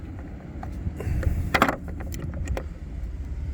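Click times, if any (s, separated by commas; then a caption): none. A plastic cowling latch on a Mercury outboard motor cover is pushed down by hand, giving a few sharp clanks around 1.6 seconds against a steady low rumble, with lighter knocks before and after. The latch does not seat, and nothing has clicked closed; it will not close all the way.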